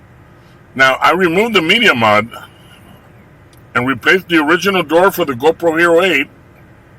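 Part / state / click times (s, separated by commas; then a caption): side battery door into action camera body / not seated / none. With the media mod removed, the original plastic side battery door is being refitted onto a GoPro Hero 8 action camera body while someone talks. The door has not seated or clicked shut yet, and it only clicks in when it is secure.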